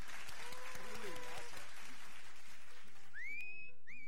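An audience applauds with dense, steady clapping that fades toward the end, while a couple of rising whistles cut through near the finish.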